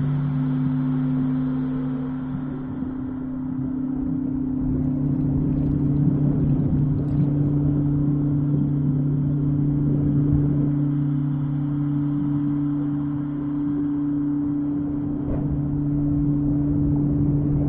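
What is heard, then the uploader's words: Singing bowls hold two steady low tones throughout, layered over a dense rumbling wash with faint brief clicks around six and fifteen seconds. Soundscape singing bowls, deep sea healing on the Great Barrier Reef.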